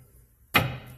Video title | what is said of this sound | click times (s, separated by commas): 83 Bullnose S1:E3 install airlift ride control on front axle | it's notched for the leaf spring on the other side pops right in there | 0.6 s